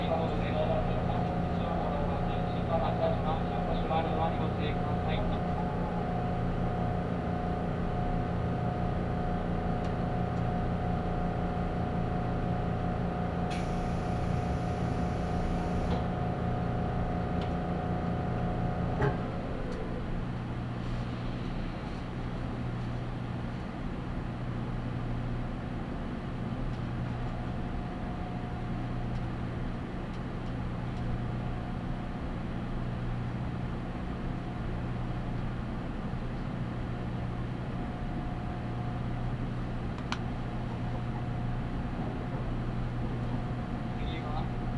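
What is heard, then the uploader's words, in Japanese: Steady low rumble inside a limited express train, with a humming motor whine that drops away near nineteen seconds and a brief hiss before. 長崎本線 佐賀→鳥栖 特急みどり16号。車内は6割くらいの乗車率でした。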